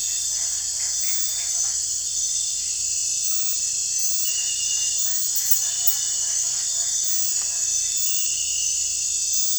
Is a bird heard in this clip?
yes